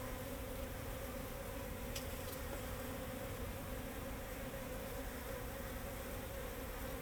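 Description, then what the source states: Bees produce a continuous, steady buzzing drone over low background noise. Bees flying around the recordist in Jacques Brelpark, Kersbeeklaan, Vorst, Belgium; train in the background; recorded binaurally with a Sennheiser Ambeo binaural headset.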